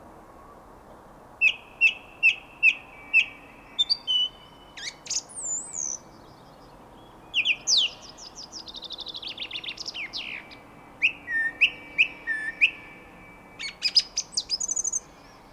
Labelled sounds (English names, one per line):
Song Thrush song